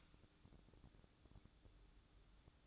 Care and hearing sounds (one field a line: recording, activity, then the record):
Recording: daily activity, microphone in the room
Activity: open fridge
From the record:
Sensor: 3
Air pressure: 1007.7 hPa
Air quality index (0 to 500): 79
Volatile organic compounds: 1 ppm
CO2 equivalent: 673 ppm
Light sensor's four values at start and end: 13/30/12/13 and 13/30/12/13